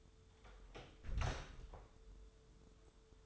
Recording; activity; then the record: daily activity, microphone in the room; close door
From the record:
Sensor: 3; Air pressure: 1015.2 hPa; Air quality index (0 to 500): 164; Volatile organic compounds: 12 ppm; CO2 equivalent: 2344 ppm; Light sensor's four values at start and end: 16/40/16/17 and 16/40/16/17